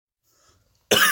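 A single sharp cough from an adult bursts out after nearly a second of near silence. It is loud and harsh, with a rough, noisy quality across the range. A plain isolated cough.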